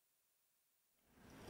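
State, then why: Not seated. A reflector module (filter cube) is being fitted into the reflector changer of an inverted microscope, bottom edge first, with the top edge tilted in under the metal clips. Near-silence gives way to a soft, rising broadband rustle of handling from about 1.0 s. Nothing has seated or clicked yet.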